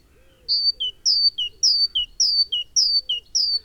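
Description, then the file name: Great tit song: a high, clear note dropping to a lower one, the two-note phrase repeated quickly about six times in a steady, ringing rhythm. "Parus major"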